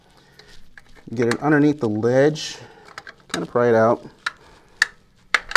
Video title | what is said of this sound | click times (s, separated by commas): 13 vts kc 8l90 disassembly pt3 | 604 so once you get the last piece out you'll hear it pop like that | 5.4 s